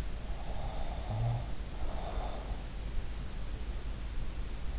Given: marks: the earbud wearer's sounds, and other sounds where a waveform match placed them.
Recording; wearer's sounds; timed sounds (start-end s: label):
sounds in sleep by an in-ear microphone; snoring breath
0.11-2.53 s: snoring breath